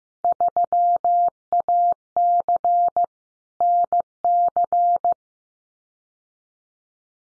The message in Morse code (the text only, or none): 3AC NC